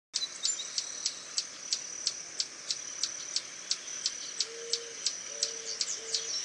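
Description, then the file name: Swallow-tailed hummingbird giving sharp, very high chips about three per second over a steady high hiss, with a few low, short hooting notes near the end. "Canto do beija flor tesoura"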